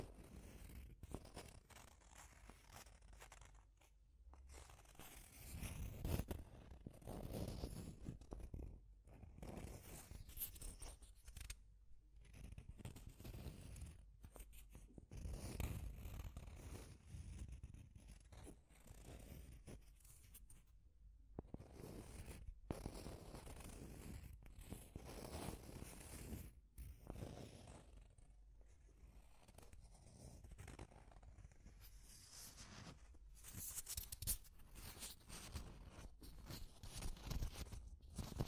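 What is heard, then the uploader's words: Deep scratching continues in dense, rough bursts for the whole stretch, heavy in the low end, broken by brief near-silent gaps every few seconds. Deep Scratching. (No Talking).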